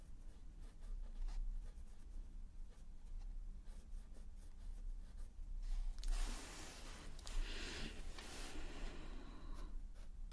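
Colouring pencil strokes scratch quietly and unevenly, then grow louder and brighter from about six seconds with dense rapid scribbling.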